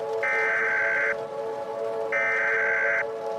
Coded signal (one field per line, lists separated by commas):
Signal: Emergency Alert System (SAME) tones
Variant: header bursts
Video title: IN THE PRAIRIE [a gmod EAS scenario recreation]